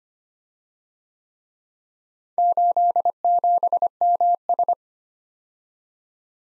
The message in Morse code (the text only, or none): 87MS